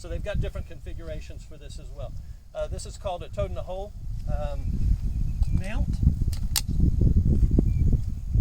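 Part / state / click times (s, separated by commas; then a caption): toad-in-the-hole quick-release mount on a drone frame / seated / 6.6 s. A toad-in-the-hole quick-release mount is fitted by hand onto a drone frame while someone talks, with steady low rumbling noise underneath. A sharp snap at 6.6 s marks the mount seating into place, among a few fainter ticks and handling sounds.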